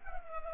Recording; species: mosquito wingbeat signal from an infrared sensor; Culex pipiens